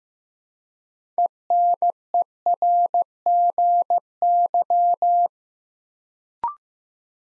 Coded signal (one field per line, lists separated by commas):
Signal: Morse code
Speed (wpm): 15 wpm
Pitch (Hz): 700 Hz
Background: none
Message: ENERGY